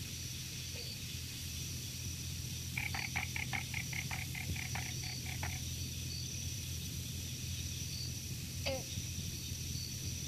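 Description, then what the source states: Bog frog giving a brief run of rapid clucking notes, then a single twangy note from a bronze frog near the end, over steady background hiss and hum. Species discovered in 1982; very restricted distribution in the western Florida panhandle, not found outside Florida; occasional bronze frog calling in the background.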